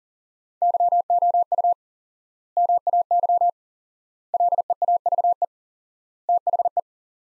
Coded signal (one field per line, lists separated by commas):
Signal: Morse code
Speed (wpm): 40 wpm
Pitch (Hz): 700 Hz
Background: none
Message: YOU MAY LEAVE THE